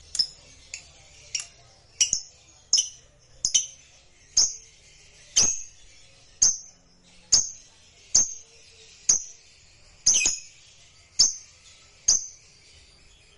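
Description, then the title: Lovebird producing a long run of shrill, clicky chirps repeated steadily about once a second, occasionally doubled. A lazy, quiet lovebird stirred into singing. "LOVEBIRD Malas Bunyi JADI GREGET SPONTAN Langsung NARIK"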